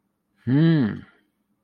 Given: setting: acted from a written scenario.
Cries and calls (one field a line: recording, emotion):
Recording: vocal sound without words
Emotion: interest